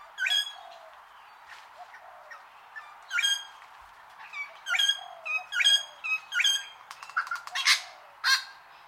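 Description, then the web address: Wattlebird call: a long series of harsh, barking notes with bright overtones, repeated roughly every half second to second, ending in rougher rasping squawks. "Sound Effects-Foundation 1 BIRD WATTLE BIRD CALL LONG"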